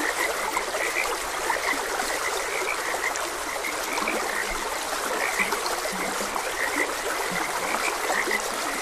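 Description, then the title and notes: Frog chorus of fast, repeated croaks, with some deeper notes mixed in, over the unbroken hiss and babble of a stream. Frogs croaking beside a gentle stream. "Gentle Stream and Frogs Croaking - Calming Sounds of Nature. Sleep and Relaxation Podcast"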